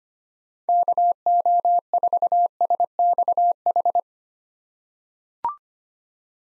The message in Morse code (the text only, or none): KO4SXH